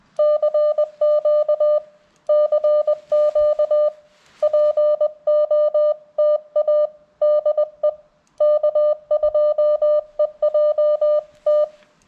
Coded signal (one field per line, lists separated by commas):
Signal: Morse code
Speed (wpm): 20 wpm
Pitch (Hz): 600 Hz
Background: music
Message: CQ CQ POTA DE K2EJT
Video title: Wait....WHAT key? CW POTA at K-2032